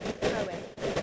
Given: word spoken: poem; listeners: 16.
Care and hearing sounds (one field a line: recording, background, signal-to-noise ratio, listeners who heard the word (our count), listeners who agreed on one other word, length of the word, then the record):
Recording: one English word in noise, from a listening test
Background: noise modulated by three-talker babble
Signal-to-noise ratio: -6.8 dB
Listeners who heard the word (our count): 1 of 16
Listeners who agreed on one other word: 7 of 16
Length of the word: 0.62 s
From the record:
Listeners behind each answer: 7, 3, 2, 1, 1, 1, 1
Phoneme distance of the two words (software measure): 10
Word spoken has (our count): 2 syllables, 4 phonemes, stress on syllable 1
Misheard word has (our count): 2 syllables, 4 phonemes, stress on syllable 1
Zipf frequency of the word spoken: 4.13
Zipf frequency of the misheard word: 4.09